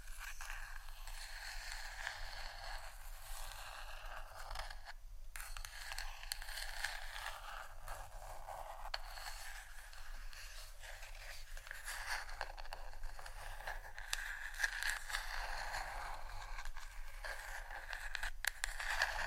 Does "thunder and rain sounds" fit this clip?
no